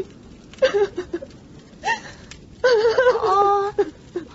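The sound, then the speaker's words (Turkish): A mother cries in short, uneven sobs, then breaks into a longer, quavering wail near the end. Her voice wavers in pitch, with gasping pauses between the bursts and no clear words. “Anne yine ağlıyor. Ağlama lütfen.”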